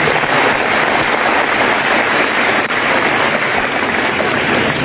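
An audience applauds a former student of the speaker who has been called to the front, a dense and steady wash of many hands clapping at once that stays loud and even for about five seconds, with no voices heard over it.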